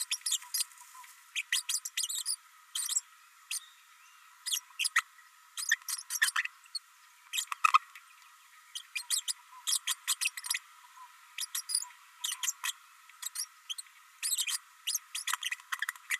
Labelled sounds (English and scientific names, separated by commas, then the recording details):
Green-rumped Parrotlet (Forpus passerinus) babbling
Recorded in a nest box in Venezuela
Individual 18B104A3